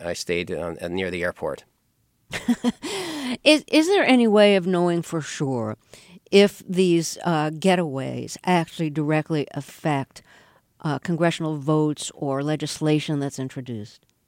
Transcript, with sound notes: I stayed near the airport.
(LAUGHTER)
Is there any way of knowing for sure if these getaways actually directly affect congressional votes or legislation that's introduced?